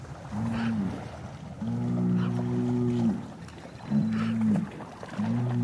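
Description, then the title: Cow moos of mixed length, a short call, a long sustained moo, then two brief ones, over steady low background noise. Cow communication through mooing. "Eco-Moo-tion: The Ecological Soundscape of Cow Conversations"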